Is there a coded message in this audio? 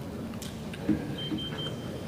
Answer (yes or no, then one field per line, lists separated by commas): no